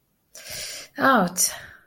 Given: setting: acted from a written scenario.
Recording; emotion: vocal sound without words; pain